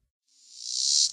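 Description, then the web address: Robinson's cicada giving a high, steady buzz that swells in loudness and then cuts off abruptly. Recorded in North America. "Songs of Insects. Robinsons Cicada"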